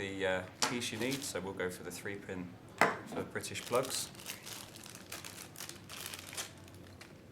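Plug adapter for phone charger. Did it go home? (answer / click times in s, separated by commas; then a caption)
no / none. Someone talks while the three-pin plug adapter for British plugs, part of a Blackberry Curve 8520 phone charger, is taken out and handled before being slid onto the charger. Crinkling and handling sounds follow, with a few short soft knocks around 5.1 to 6.1 seconds. Nothing has seated or clicked yet.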